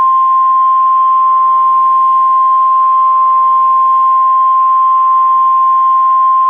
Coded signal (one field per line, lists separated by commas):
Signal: Emergency Alert System (SAME) tones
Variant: 1050 Hz attention tone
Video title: [RARE!] MY FIRST COASTAL FLOOD WARNING (EAS ALERT 123)